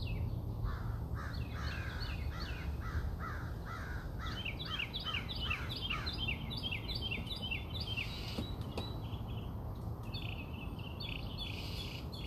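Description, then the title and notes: Bird song of rapid repeated chirping notes in long runs, over low background noise and a brief click. Birds singing outside the recordist's house. "Bird Songs Part Two. More bird songs outside my house"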